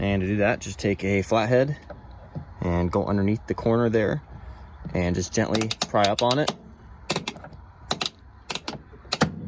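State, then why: Released. On a 2003–2010 Honda Element, during a window regulator motor replacement, a flat-head screwdriver pries up under the plastic corner cap clipped into the inner door panel by the lock. Someone talks at first, then several sharp clicks come as the cap is worked up. At 9.1 s the clips let go and the cap pops free.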